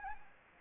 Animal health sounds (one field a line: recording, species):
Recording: mosquito wingbeat signal from an infrared sensor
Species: Anopheles arabiensis